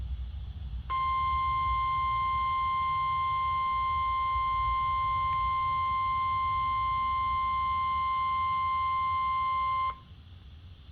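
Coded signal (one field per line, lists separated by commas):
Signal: Emergency Alert System (SAME) tones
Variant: 1050 Hz attention tone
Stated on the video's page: Statewide tornado drill relayed by a NOAA Weather Radio station, with a live voice; the receiver did not activate.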